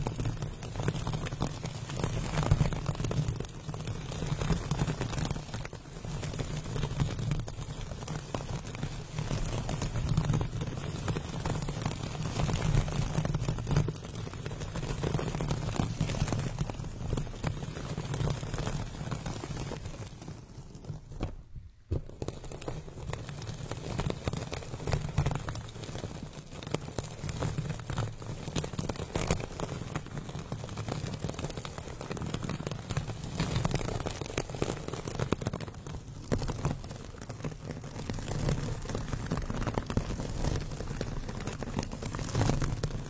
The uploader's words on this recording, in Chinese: 刮擦专场｜指甲磨麦。